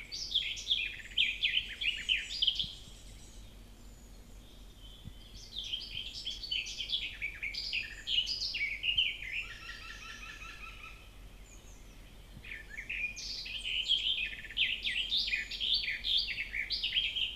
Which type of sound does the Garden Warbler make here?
song